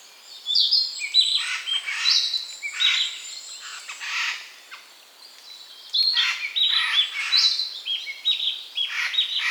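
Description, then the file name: Eurasian jay giving rough, noisy rasps mixed with chirps and whistled notes, in two bursts separated by a quieter pause. "Garrulus glandarius"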